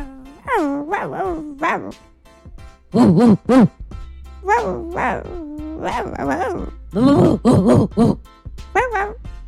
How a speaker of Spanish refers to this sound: El perro ladra. Los cachorros responden.